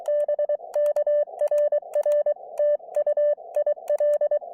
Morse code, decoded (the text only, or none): BK RR TU IL